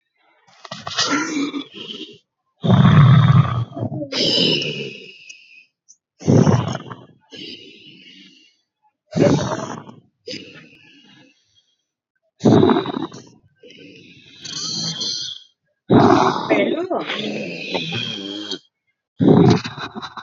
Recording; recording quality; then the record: deep breathing; moderate, slight background noise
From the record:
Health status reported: exposed to COVID-19, no respiratory illness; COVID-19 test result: negative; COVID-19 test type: RT-PCR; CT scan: not taken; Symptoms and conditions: cold, loss of smell and taste, hypertension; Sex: male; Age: 39 years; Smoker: no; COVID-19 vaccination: both doses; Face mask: not worn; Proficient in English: yes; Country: India